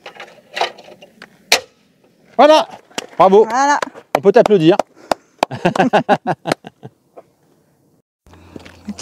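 The plastic center cap of a turbine-style wheel cover is pressed into the wheel cover on a Tesla Model 3/Y wheel. After a few faint taps, a loud, sharp snap at 1.5 s shows it has seated. Someone then talks, and a few light clicks follow.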